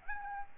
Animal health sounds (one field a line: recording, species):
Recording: mosquito wingbeat signal from an infrared sensor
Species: Aedes albopictus